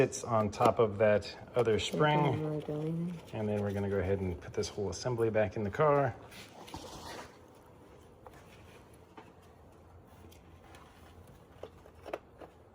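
Someone talks while handling an oil filter element and cap assembly on a 2018–2025 VW Atlas, lining it up to go back into the engine's filter housing before threading and tightening. After the talk, only a few faint, brief knocks and taps are heard, near 8.3, 11.6 and 12.1 seconds. Nothing has seated or clicked yet.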